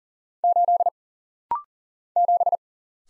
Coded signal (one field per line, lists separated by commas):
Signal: Morse code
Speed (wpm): 40 wpm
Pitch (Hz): 700 Hz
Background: none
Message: 8 7